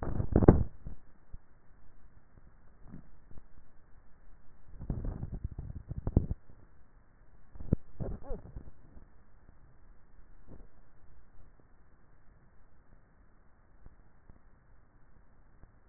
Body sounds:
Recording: swallowing sounds by neck microphone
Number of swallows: 2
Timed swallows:
2.55-3.38 s: swallow
10.92-11.48 s: swallow
From the record:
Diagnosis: dysphagia

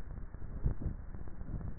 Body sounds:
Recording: swallowing sounds by neck microphone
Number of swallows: 1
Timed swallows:
0.70-1.36 s: swallow
From the record:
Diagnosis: dysphagia

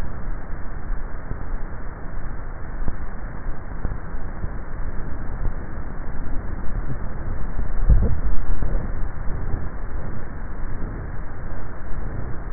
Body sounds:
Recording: swallowing sounds by neck microphone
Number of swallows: 1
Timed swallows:
7.65-8.68 s: swallow
From the record:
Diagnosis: dysphagia

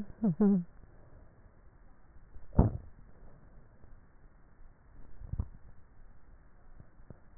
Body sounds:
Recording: swallowing sounds by neck microphone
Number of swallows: 2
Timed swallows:
2.42-2.98 s: swallow
5.15-5.75 s: swallow
From the record:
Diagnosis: dysphagia

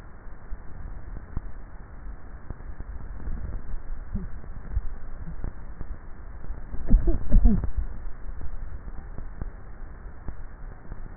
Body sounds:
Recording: swallowing sounds by neck microphone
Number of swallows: 3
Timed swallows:
2.92-3.65 s: swallow
4.62-5.05 s: swallow
7.52-8.18 s: swallow
From the record:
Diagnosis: dysphagia

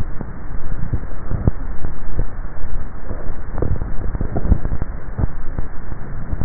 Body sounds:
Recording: swallowing sounds by neck microphone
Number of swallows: 1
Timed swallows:
3.35-4.18 s: swallow
From the record:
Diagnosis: dysphagia

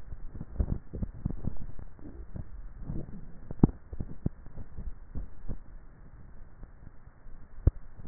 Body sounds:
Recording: swallowing sounds by neck microphone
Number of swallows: 3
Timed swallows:
0.59-1.53 s: swallow
1.89-2.96 s: swallow
4.59-5.19 s: swallow
From the record:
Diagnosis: dysphagia

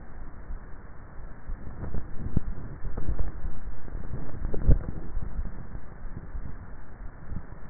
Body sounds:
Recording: swallowing sounds by neck microphone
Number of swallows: 2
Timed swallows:
2.85-3.52 s: swallow
4.18-5.35 s: swallow
From the record:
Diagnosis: dysphagia

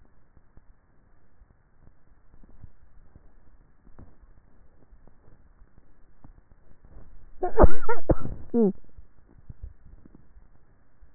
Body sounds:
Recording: swallowing sounds by neck microphone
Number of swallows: 2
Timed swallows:
2.42-3.18 s: swallow
9.32-9.88 s: swallow
From the record:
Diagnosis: dysphagia

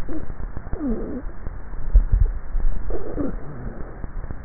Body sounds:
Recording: swallowing sounds by neck microphone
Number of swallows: 1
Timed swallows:
1.82-3.45 s: swallow
From the record:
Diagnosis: dysphagia

